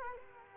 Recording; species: mosquito wingbeat signal from an infrared sensor; Culex quinquefasciatus